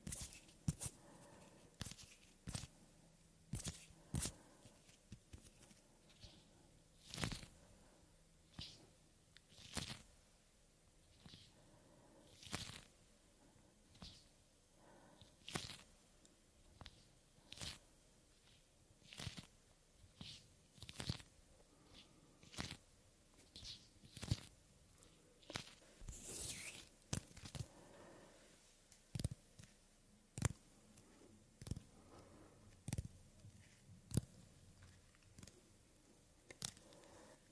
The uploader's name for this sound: Soft Hand Sounds & Movements Skin Sounds Up-Close Breathing